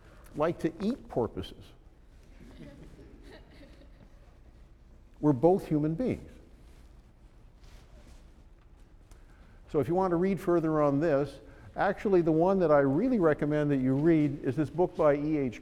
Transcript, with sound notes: like to eat porpoises. [Laughter] We're both human beings. So if you want to read further on this--actually the one that I really recommend that you read is this book by E.H.